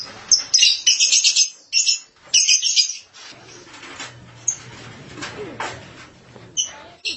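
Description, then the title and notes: Starling uttering rapid rasping chatter for about three seconds, then sparser scratchy notes over a low steady hum. "suara burung jalak"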